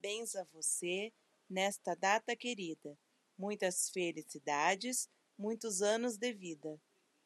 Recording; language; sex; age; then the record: short text; Brazilian Portuguese; female; 30 to 39 years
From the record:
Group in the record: control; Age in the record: 38 years